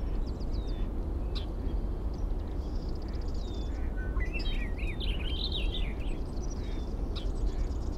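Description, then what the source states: Birds singing, with short whistled notes and a quick warbled phrase near the middle over a steady low rumble of noise. Birds recorded at 05:55; date given as 070506.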